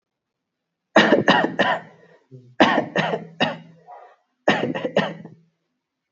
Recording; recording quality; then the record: shallow voluntary cough; excellent, no background noise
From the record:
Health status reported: COVID-19 positive, mild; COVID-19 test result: positive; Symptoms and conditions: cough, cold, fatigue, muscle pain, loss of smell and taste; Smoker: not ticked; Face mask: worn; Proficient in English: yes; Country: India